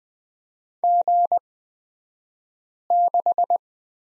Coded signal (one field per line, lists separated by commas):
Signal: Morse code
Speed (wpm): 20 wpm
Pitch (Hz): 700 Hz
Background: none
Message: G6